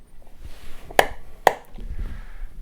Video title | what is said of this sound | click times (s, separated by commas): Premium Watch Winder Under $1000 - Enigwatch VIRTUOSO Series 2 Review | and then you hear a healthy click and it just goes into place | 1.0 s, 1.5 s